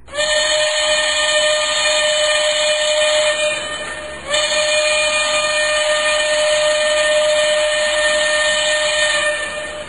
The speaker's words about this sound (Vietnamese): Cách một lát, có tiếng súp lê thổi ẩn ép. Thằng Hồi vừa nghe thì nói với thằng Quỳ rằng: Ê, xe lửa nào thổi càng in, in như là xe lửa ngoài đất hộ vậy mày?